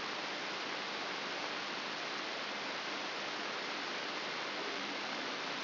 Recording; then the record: brain microelectrode recording played as sound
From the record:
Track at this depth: inside the subthalamic nucleus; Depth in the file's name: 2.105 mm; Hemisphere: left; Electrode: 3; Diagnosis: Parkinson's disease